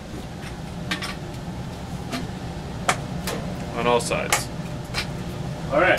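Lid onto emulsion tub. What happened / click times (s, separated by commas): The plastic lid snapped down around the tub rim / 0.9 s, 2.9 s, 3.3 s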